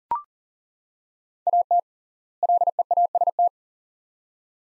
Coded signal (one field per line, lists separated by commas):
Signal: Morse code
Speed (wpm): 40 wpm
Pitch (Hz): 700 Hz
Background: none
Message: AT LEAST